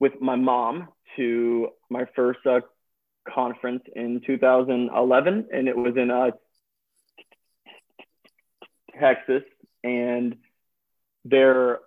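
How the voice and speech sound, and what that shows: An adult man who stutters, and who had speech therapy growing up, talks in a conversational voice. His speech is broken by stretched sounds on "mom", "to", "and" and "the", plus a roughly two-and-a-half-second silent block with faint bursts before "Texas". These are prolongations and blocks typical of stuttering.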